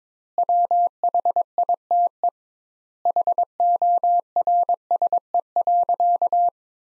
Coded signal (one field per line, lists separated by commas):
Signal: Morse code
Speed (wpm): 22 wpm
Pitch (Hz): 700 Hz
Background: none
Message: WHITE HORSE.